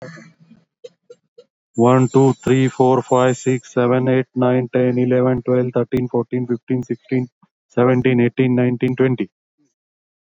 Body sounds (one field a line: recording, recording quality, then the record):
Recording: counting at a fast pace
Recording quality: excellent, no background noise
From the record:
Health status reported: healthy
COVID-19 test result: negative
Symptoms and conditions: none ticked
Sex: male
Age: 45 years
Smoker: not ticked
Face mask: worn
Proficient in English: yes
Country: India